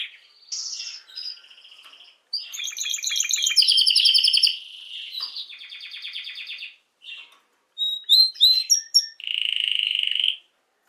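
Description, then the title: Canary song in bursts of fast trills and buzzy rolls, high-pitched, broken by short silences, ending in a steady sustained trill. Male Belgian canary named Raiden, singing a lot; used to warm up and train young canaries. "Esquente Seu Filhote E Canario Belga Em 30 Minutos Macho Cantando Muito. Canrio Belga RAIDEN Cantando Muito - Esquente seu Canrio Belga"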